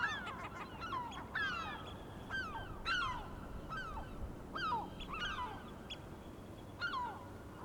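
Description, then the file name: Gulls calling, sharp descending squeals at irregular intervals, a few of them overlapping. Recorded on 23 May 2004. "Mouettes 040523"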